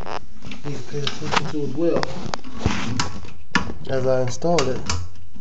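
A replacement plastic fill valve is being handled inside a toilet tank, turned or pushed toward the point where it locks, while someone talks. A few short handling knocks stand out, the sharpest near 3.0 and 3.6 seconds. The valve has not locked into place yet, and nothing has seated or clicked by the end of the clip.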